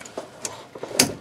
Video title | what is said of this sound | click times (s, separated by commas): Airdog2 4G lift pump install, Duramax lift pump install, air dog @AirDogSales | I said if you want to take them off they're just as easy just squeeze those clips then she pops right on off so | 1.0 s